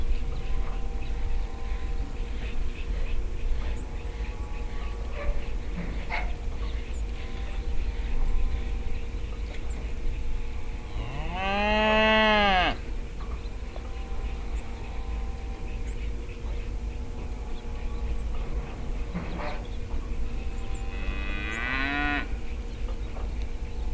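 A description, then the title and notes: An oil pumpjack runs in a field with a steady low rumble and an even mechanical hum underneath. A long, groaning squeal rises and falls around the twelve-second mark and comes back near twenty-two seconds, with a few soft knocks in between. Oil pumpjack in field 2of2 - Binaural field recording, Bakersfield, CA. This is a binaural audio recording.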